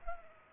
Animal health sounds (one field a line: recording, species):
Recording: mosquito wingbeat signal from an infrared sensor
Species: Culex pipiens